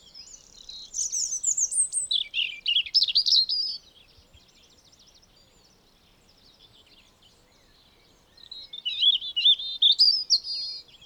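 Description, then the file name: European robin song: thin, high warbled phrases of varied twittering notes, a phrase of a few seconds, a long pause, then a second phrase. "Erithacus rubecula"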